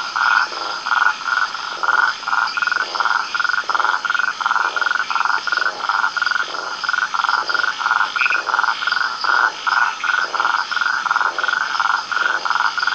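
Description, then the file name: Caldwell's toad calling in a steady series of short, buzzy pulsed notes, continuing without pause. "Rhinella castaneotica"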